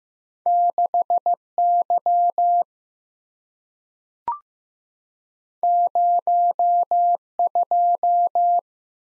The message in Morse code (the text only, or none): 6Y 02